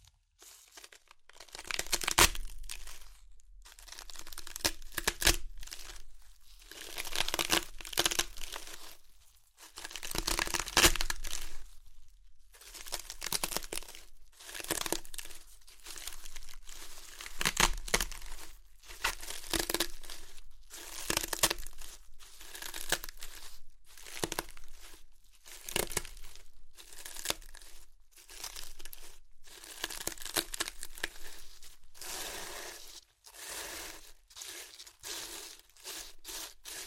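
Crunchy chips being crushed and eaten, with dense bursts of crackling and crinkling that come in rapid, irregular clusters throughout. Brief quiet gaps separate the bursts, notably around ten and twelve seconds, and the crunches sound bright and sharp with little low sound beneath.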